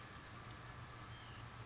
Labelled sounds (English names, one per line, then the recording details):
White-breasted Nuthatch
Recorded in Sonoma County, California